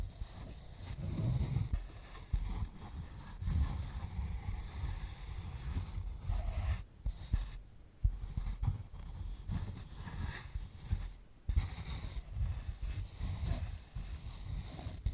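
Crisp rustling and scratching from handling a dried sunflower head, with dense crackly texture that shifts in bursts throughout. Deeper thumps and rubbing pulse underneath, and brief near-silent gaps break the sound around seven to eight seconds and again near eleven seconds.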